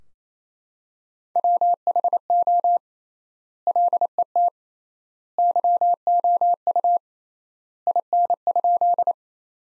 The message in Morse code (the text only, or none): WHO LET YOU IN?